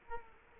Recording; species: mosquito wingbeat signal from an infrared sensor; Culex quinquefasciatus